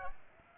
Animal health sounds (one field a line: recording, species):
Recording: mosquito wingbeat signal from an infrared sensor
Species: Aedes aegypti